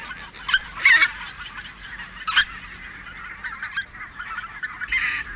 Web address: White fronted